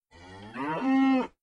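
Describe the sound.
Cow giving a single moo, starting low and rough, then swelling louder into a brighter, steadier tone before stopping abruptly.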